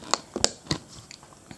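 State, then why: Seated. The plastic battery/card compartment door on an Olympus Tough TG-6 rugged compact camera is closed and locked, producing several sharp plastic clicks at about 0.1, 0.4 and 0.7 s, with fainter ticks afterward. The loudest click, at 0.4 s, is the door latching shut, confirmed closed.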